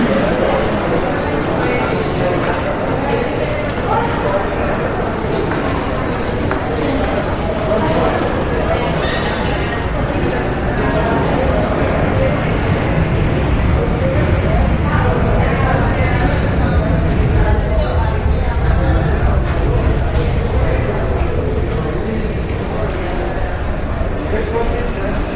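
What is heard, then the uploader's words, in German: A busy airport terminal hall fills with a steady, dense murmur of many voices, low and muffled, with occasional footsteps and clacks throughout. Sanfte Klänge aus der Flughafen-Abfertigungshalle.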